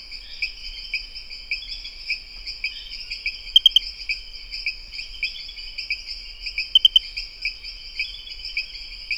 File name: Pristimantis espedeus